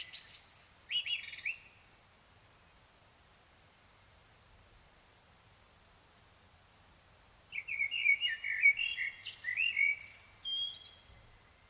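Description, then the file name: Common blackbird singing two phrases separated by about six seconds of quiet, each a short fluted warble trailing into high, squeaky twittering. "Turdus merula"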